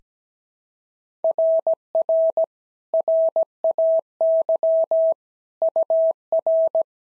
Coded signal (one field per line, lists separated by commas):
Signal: Morse code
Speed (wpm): 16 wpm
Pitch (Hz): 650 Hz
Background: none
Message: RR RAY UR